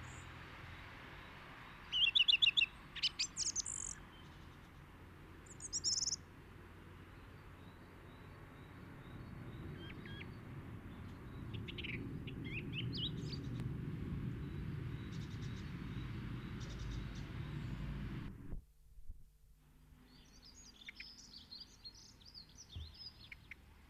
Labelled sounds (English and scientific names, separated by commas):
Song Thrush (Turdus philomelos) song